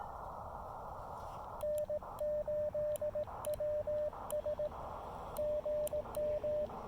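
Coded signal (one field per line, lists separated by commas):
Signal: Morse code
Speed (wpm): 20 wpm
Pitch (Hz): 600 Hz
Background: radio noise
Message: N8WS GM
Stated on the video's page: Park activation on the Blue Ridge Parkway with an Elecraft KX2 and CHA MPAS Lite antenna.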